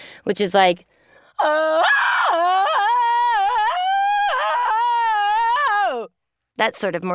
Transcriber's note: screaming